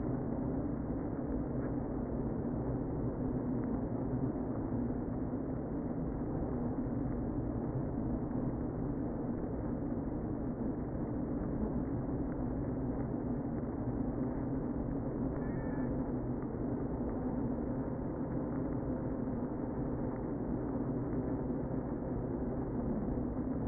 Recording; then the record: honeybee colony, microphone inside the hive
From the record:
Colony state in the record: queen present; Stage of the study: before two queens were removed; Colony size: about 60,000 bees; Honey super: yes